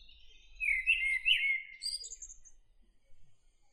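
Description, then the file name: Common blackbird song: a single rich, warbled phrase, then a thin, high twitter, then quiet. "Turdus merula"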